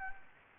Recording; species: mosquito wingbeat signal from an infrared sensor; Anopheles gambiae